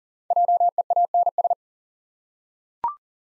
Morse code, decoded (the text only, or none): JEANS